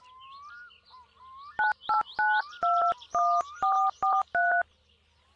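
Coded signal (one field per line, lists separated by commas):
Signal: DTMF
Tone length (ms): 260 ms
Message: 98921443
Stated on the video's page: Phone dialing tones in a game mod, calling from phone or payphone.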